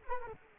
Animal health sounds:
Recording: mosquito wingbeat signal from an infrared sensor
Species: Culex quinquefasciatus

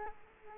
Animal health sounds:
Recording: mosquito wingbeat signal from an infrared sensor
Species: Culex quinquefasciatus

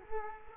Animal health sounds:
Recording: mosquito wingbeat signal from an infrared sensor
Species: Culex quinquefasciatus

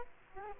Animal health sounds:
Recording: mosquito wingbeat signal from an infrared sensor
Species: Aedes aegypti

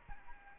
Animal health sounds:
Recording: mosquito wingbeat signal from an infrared sensor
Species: Aedes albopictus

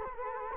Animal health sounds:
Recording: mosquito wingbeat signal from an infrared sensor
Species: Culex quinquefasciatus

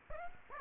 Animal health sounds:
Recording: mosquito wingbeat signal from an infrared sensor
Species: Aedes aegypti

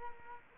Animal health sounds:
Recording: mosquito wingbeat signal from an infrared sensor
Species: Culex quinquefasciatus

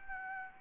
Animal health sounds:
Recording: mosquito wingbeat signal from an infrared sensor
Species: Anopheles gambiae

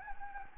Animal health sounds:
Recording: mosquito wingbeat signal from an infrared sensor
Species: Anopheles gambiae

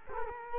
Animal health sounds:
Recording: mosquito wingbeat signal from an infrared sensor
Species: Culex quinquefasciatus

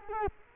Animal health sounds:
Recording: mosquito wingbeat signal from an infrared sensor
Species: Culex quinquefasciatus

